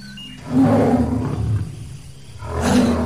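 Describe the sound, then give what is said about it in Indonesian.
A tiger gives two deep, rumbling roars, the first long and swelling, the second rising sharply near the end, both loud and coarse with heavy low growling tones. “Oh, harimau. Matanya ganas memandangku.”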